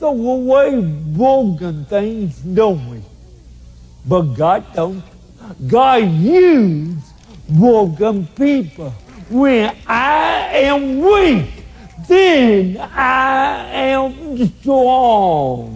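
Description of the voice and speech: Adult male speaking with dysarthria from cerebral palsy present since birth, after his brain was deprived of oxygen for 18 minutes at birth. Speech is slow and effortful, with long pauses between words and drawn-out vowels, in a high-pitched voice. Listeners take about 10 to 15 minutes to learn to understand him.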